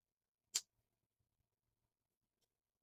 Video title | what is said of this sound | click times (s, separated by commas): SCX24 - Mofo X15 Axles - Install, Deep Diver, & Review. You've got to see them turn! | yeah that fitment is nice you can just kind of hear it snap in that's the tolerance is being like perfect | 0.6 s